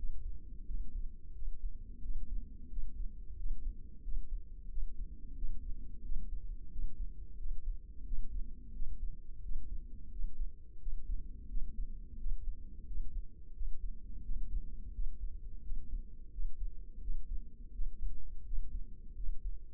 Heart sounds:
heart sounds by microphone in the left ear; 88 bpm
0.68 s: heartbeat
1.36 s: heartbeat
2.04 s: heartbeat
2.72 s: heartbeat
3.39 s: heartbeat
4.05 s: heartbeat
4.71 s: heartbeat
5.37 s: heartbeat
6.05 s: heartbeat
6.73 s: heartbeat
7.39 s: heartbeat
8.07 s: heartbeat
8.75 s: heartbeat
9.44 s: heartbeat
10.13 s: heartbeat
10.81 s: heartbeat
11.50 s: heartbeat
12.20 s: heartbeat
12.88 s: heartbeat
13.56 s: heartbeat
14.25 s: heartbeat
14.95 s: heartbeat
15.65 s: heartbeat
16.33 s: heartbeat
17.03 s: heartbeat
17.74 s: heartbeat
18.46 s: heartbeat
19.17 s: heartbeat
From the record:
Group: healthy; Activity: rest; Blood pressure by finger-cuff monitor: 145/89 mmHg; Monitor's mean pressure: 106 mmHg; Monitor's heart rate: 88 bpm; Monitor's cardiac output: 7.2 L/min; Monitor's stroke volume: 82 mL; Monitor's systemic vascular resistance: 1100 dyn s/cm5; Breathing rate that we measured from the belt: 20 breaths a minute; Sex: male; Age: 21 years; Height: 175 cm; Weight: 72.6 kg

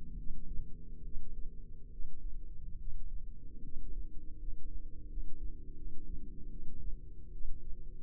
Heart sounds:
heart sounds by microphone in the left ear; 76 bpm
0.15 s: heartbeat
1.02 s: heartbeat
1.89 s: heartbeat
2.77 s: heartbeat
3.61 s: heartbeat
4.37 s: heartbeat
5.06 s: heartbeat
5.74 s: heartbeat
6.48 s: heartbeat
7.30 s: heartbeat
From the record:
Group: healthy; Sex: female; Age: 32 years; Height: 168 cm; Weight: 61.9 kg

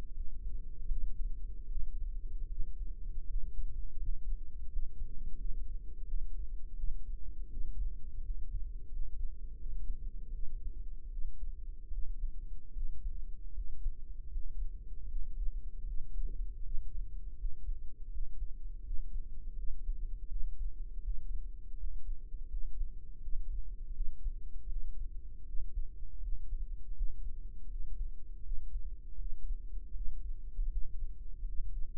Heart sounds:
heart sounds by microphone in the right ear; 80 bpm
0.10 s: heartbeat
0.85 s: heartbeat
1.66 s: heartbeat
2.46 s: heartbeat
3.24 s: heartbeat
3.98 s: heartbeat
4.67 s: heartbeat
5.35 s: heartbeat
6.04 s: heartbeat
6.74 s: heartbeat
7.47 s: heartbeat
8.20 s: heartbeat
8.87 s: heartbeat
9.55 s: heartbeat
10.30 s: heartbeat
11.08 s: heartbeat
11.89 s: heartbeat
12.71 s: heartbeat
13.51 s: heartbeat
14.27 s: heartbeat
15.05 s: heartbeat
15.84 s: heartbeat
16.60 s: heartbeat
17.35 s: heartbeat
18.08 s: heartbeat
18.81 s: heartbeat
19.53 s: heartbeat
20.26 s: heartbeat
21.00 s: heartbeat
21.74 s: heartbeat
22.46 s: heartbeat
23.18 s: heartbeat
23.91 s: heartbeat
24.67 s: heartbeat
25.43 s: heartbeat
26.18 s: heartbeat
26.92 s: heartbeat
27.66 s: heartbeat
28.40 s: heartbeat
29.16 s: heartbeat
29.91 s: heartbeat
30.67 s: heartbeat
31.42 s: heartbeat
From the record:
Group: healthy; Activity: rest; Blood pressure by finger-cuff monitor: 96/51 mmHg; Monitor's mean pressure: 66 mmHg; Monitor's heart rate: 80 bpm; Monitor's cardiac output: 7.3 L/min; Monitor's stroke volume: 92 mL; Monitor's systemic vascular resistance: 640 dyn s/cm5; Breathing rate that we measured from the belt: 14 breaths a minute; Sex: female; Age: 26 years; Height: 165 cm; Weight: 55 kg

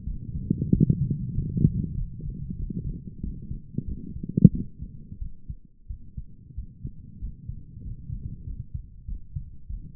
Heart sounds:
heart sounds by stethoscope; 93 bpm
0.04 s: heartbeat
0.69 s: heartbeat
1.32 s: heartbeat
1.95 s: heartbeat
2.56 s: heartbeat
3.20 s: heartbeat
3.84 s: heartbeat
4.50 s: heartbeat
5.18 s: heartbeat
5.87 s: heartbeat
6.54 s: heartbeat
7.18 s: heartbeat
7.81 s: heartbeat
8.44 s: heartbeat
9.05 s: heartbeat
9.67 s: heartbeat
From the record:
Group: healthy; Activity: rest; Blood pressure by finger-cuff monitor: 108/75 mmHg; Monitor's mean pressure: 84 mmHg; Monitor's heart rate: 93 bpm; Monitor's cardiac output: 7.4 L/min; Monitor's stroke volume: 82 mL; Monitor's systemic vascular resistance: 830 dyn s/cm5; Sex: male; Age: 19 years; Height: 178 cm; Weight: 83 kg

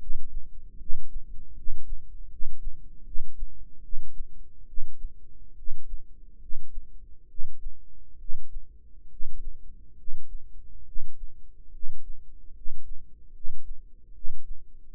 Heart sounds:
heart sounds by microphone in the right ear; 72 bpm
0.77 s: heartbeat
1.54 s: heartbeat
2.28 s: heartbeat
3.03 s: heartbeat
3.81 s: heartbeat
4.65 s: heartbeat
5.55 s: heartbeat
6.38 s: heartbeat
7.27 s: heartbeat
8.17 s: heartbeat
9.08 s: heartbeat
9.95 s: heartbeat
10.84 s: heartbeat
11.70 s: heartbeat
12.52 s: heartbeat
13.32 s: heartbeat
14.12 s: heartbeat
14.93 s: heartbeat
From the record:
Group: healthy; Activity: rest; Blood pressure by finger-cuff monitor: 111/62 mmHg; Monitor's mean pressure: 76 mmHg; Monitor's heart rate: 71 bpm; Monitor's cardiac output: 7.5 L/min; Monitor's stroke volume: 106 mL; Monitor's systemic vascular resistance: 740 dyn s/cm5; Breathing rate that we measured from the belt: 16 breaths a minute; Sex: male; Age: 35 years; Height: 180 cm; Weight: 86.9 kg

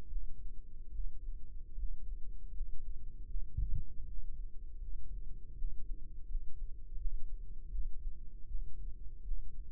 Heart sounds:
heart sounds by microphone in the right ear; 79 bpm
0.05 s: heartbeat
0.88 s: heartbeat
1.73 s: heartbeat
2.50 s: heartbeat
3.24 s: heartbeat
4.01 s: heartbeat
4.78 s: heartbeat
5.54 s: heartbeat
6.24 s: heartbeat
6.95 s: heartbeat
7.68 s: heartbeat
8.44 s: heartbeat
9.21 s: heartbeat
From the record:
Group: healthy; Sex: male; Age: 21 years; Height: 180 cm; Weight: 67.5 kg

